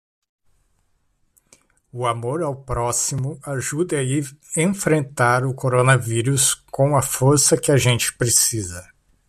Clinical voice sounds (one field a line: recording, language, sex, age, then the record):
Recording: spoken sentence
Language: Brazilian Portuguese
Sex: male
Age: 30 to 39 years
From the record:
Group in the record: control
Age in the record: 34 years